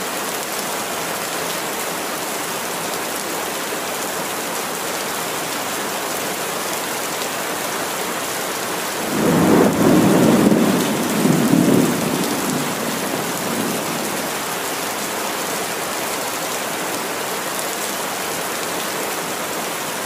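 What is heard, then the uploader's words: A rain storm pours down in a steady, dense hiss that barely changes across the whole stretch. Around the ten-second mark a low rumble of thunder swells up, rolls for about four seconds, then fades back under the rain. Rain Storm.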